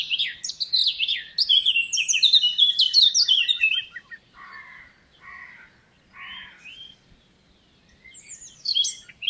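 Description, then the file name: Eurasian blackcap song: a busy, twittering warble, then several lower, scratchy notes with gaps, and a final bright whistled flourish. "Sylvia atricapilla"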